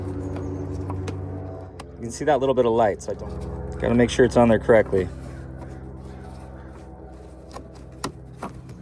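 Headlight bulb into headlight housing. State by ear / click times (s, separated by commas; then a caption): seated / 8.0 s. A headlight bulb assembly on a Toyota Sequoia or Tundra is angled into the headlight housing hole and pushed in while someone talks over a low steady hum. Faint handling clicks and taps follow. A sharp click at 8.0 s marks the bulb seating in the housing.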